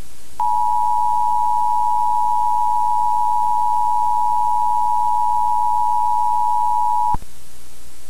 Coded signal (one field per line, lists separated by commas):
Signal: Emergency Alert System (SAME) tones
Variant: 853 and 960 Hz attention tone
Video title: EAS SCENARIO: Another light